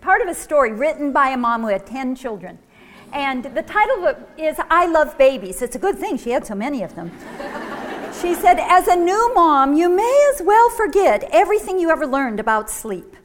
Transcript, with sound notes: part of a story written by a mom who had ten children. The title is "I Love Babies." It's a good thing-she had so many of them! [laughter] She said, "As a new mom, you may as well forget everything you ever learned about sleep!